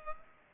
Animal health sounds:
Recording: mosquito wingbeat signal from an infrared sensor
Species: Culex pipiens

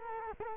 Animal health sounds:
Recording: mosquito wingbeat signal from an infrared sensor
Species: Culex quinquefasciatus

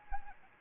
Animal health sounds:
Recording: mosquito wingbeat signal from an infrared sensor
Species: Anopheles gambiae

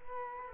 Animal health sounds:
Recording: mosquito wingbeat signal from an infrared sensor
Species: Culex quinquefasciatus

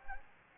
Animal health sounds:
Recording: mosquito wingbeat signal from an infrared sensor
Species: Anopheles gambiae

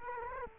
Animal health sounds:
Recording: mosquito wingbeat signal from an infrared sensor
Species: Culex quinquefasciatus

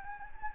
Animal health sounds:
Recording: mosquito wingbeat signal from an infrared sensor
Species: Anopheles gambiae

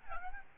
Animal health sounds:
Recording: mosquito wingbeat signal from an infrared sensor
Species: Aedes albopictus

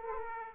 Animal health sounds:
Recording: mosquito wingbeat signal from an infrared sensor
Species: Aedes aegypti

